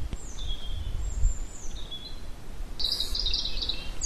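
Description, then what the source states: Bird song of thin high whistled notes, some sliding downward, followed by a short buzzy high trill near the end, with low background rumble. Pine forest at Ardenno.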